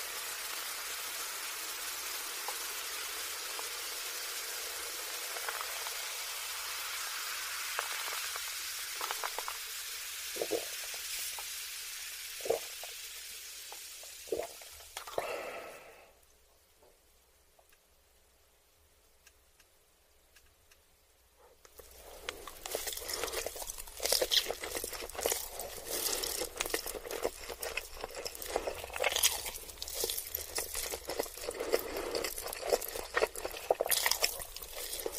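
Eating ramen and chicken nuggets: a steady sizzling hiss with scattered clicks, a near-silent pause, then dense, busy crackling and crunching to the end.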